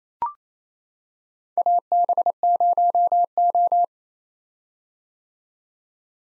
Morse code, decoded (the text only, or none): AB0O